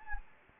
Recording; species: mosquito wingbeat signal from an infrared sensor; Anopheles gambiae